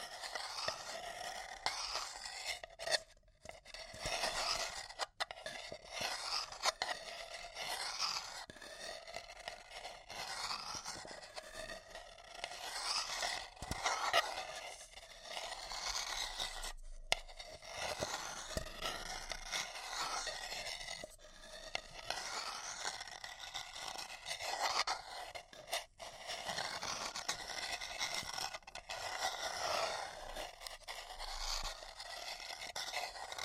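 A paper cup is scratched and rubbed in dense, continuous bursts of bright, crinkly scraping, with brief pauses near seconds 3, 17 and 26.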